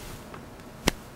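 Pressing down releases the hand adapter from a Nobel Biocare dental torque wrench, and it pops loose with a single sharp, bright click at 0.9 s. A faint small tick comes earlier at about 0.3 s against quiet background. The adapter is released from the wrench.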